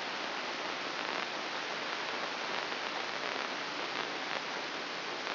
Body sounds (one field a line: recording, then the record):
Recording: brain microelectrode recording played as sound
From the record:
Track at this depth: inside the subthalamic nucleus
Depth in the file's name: 5.506 mm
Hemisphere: left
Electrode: 3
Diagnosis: Parkinson's disease